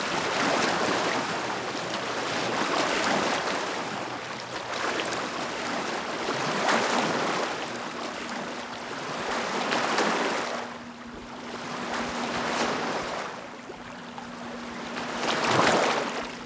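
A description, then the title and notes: Water splashes against rocks in repeated surges, swelling and falling every two to three seconds, with strong peaks near 7, 10 and 15–16 seconds. The wash is dense and hissing, over a low steady hum like an engine or boat. Splashing Against The Rocks.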